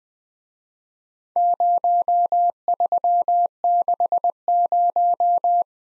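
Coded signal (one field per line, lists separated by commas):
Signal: Morse code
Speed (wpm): 20 wpm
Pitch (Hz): 700 Hz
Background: none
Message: 0360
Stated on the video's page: Morse practice of four-character letter-number groups in Speed-Racing format: starts fast and slows to a 15 wpm base, with the top speed 1.5 times the base.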